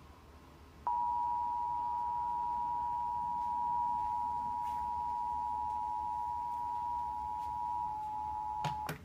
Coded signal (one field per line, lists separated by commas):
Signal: Emergency Alert System (SAME) tones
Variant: 853 and 960 Hz attention tone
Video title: EAS Alert #16: Severe Thunderstorm Warning for Johnson, Marion, and Shelby Counties in Indiana.